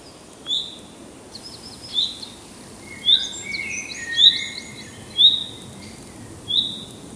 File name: Fringilla coelebs